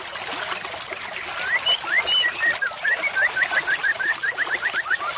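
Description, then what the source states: White-rumped shama song: varied whistled notes building into a rapid run of many repeated short slurred notes, over a steady rushing hiss. Used as a lure call (pikat) for murai batu.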